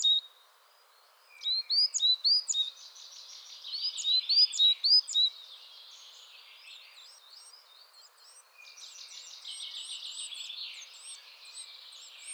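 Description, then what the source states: Coal tit chattering calls: runs of sharp high notes mixed with softer, buzzier chatter. Chattering (bavarde) calls.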